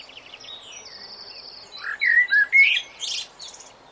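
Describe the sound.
Common blackbird song: a few mellow fluted notes and a high squeaky ending.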